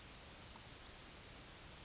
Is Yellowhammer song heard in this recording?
no